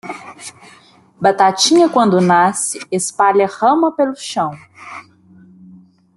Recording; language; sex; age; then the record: short text; Brazilian Portuguese; female; 20 to 29 years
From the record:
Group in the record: control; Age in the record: 29 years